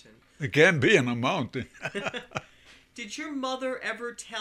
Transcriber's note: they laugh